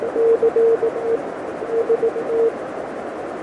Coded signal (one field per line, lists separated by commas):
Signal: Morse code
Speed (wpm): 18 wpm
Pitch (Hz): 460 Hz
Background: none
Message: CE ST